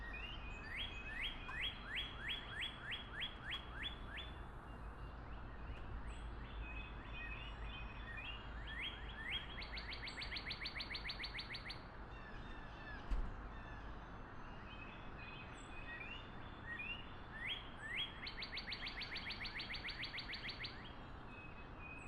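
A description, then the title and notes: Birds sing through a morning backyard in Wakefield, Rhode Island, with rapid repeated chirps and bright trilled phrases coming in bursts every few seconds. A steady low hum runs underneath the whole time, and a single short knock sounds around the thirteen-second mark. Morning in Wakefield Rhode Island, Backyard. Recorded on MixPre 10ii with AKG C414 XLS Matched Pair.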